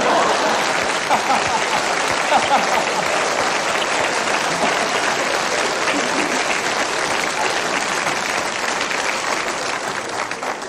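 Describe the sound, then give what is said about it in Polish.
Steady applause from an audience at a Polskie Radio Trójka (Program Trzeci) broadcast fills the whole stretch, a dense crackle of many hands clapping at an even loudness without any talking on top. “Stary chłop, a po raz pierwszy w życiu dostałem brawa za wygląd.”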